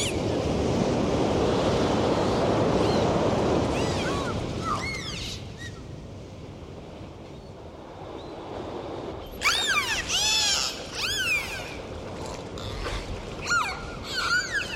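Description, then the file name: Dolphin whistles, many arching and falling high tones, sparse at first and then dense overlapping bursts in the second half, over watery background noise. "Zvuki Prirody - Vesyolye Delfiny"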